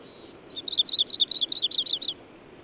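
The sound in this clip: Bird singing a rapid trill of around ten high, slurred notes lasting under two seconds.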